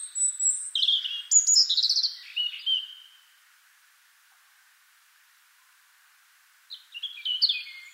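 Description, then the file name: European robin giving a rapid tumbling phrase of high whistles and trills, silence for several seconds, then a fresh phrase begins. "Erithacus rubecula"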